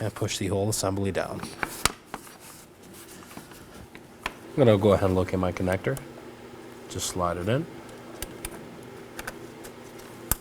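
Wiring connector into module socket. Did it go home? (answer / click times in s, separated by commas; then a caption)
yes / 10.3 s. A wiring connector is slid into its module socket on the thermostat housing assembly of a 2018-2024 Chevrolet Equinox 1.5L L4 while someone talks. A few faint ticks of handling follow, and then the connector seats and latches with a loud, sharp click at 10.3 s.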